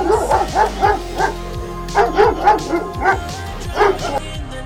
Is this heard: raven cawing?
no